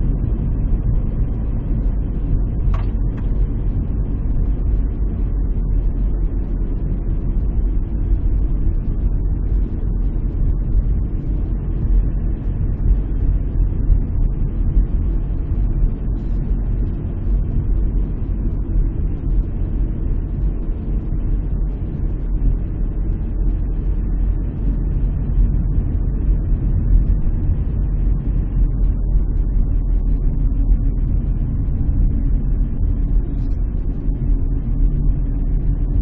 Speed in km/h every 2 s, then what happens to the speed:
41, 38, 36, 35, 34, 35, 35, 36, 35, 35, 34, 34, 34, 33, 31, 28, 30, 31.
0-8 slows to 34. 8-36 steady at about 34.